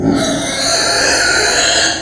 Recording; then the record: squeal of a Yucatan mini pig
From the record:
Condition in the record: before surgery on the right vocal fold (resection and tissue-engineered implant); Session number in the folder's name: 3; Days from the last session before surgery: 0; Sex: female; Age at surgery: 19 weeks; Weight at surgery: 25 kg